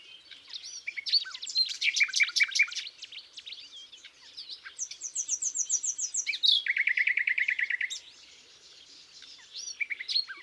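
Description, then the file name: Common nightingale song mixing quick chattering notes with a long, even, rapid trill that shifts to a lower buzzy rattle. "Luscinia megarhynchos"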